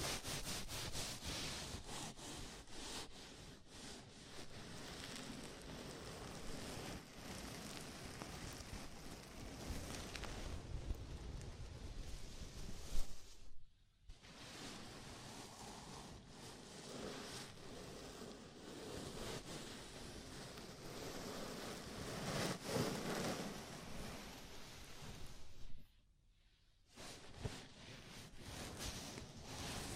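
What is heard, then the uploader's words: A scalp massage: fingers rub and scratch through hair in a dense, continuous rustle that swells and eases in uneven strokes, with a soft low rumble underneath. The rubbing stops briefly twice, near the 14- and 26-second marks, then resumes. ASMR Sleepy Scalp Massage (No Talking).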